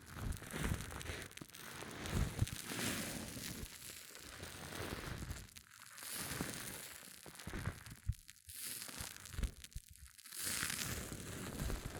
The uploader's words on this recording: ASMR Extreme Fizzing Tingles Hair Mousse Sounds(No Talking).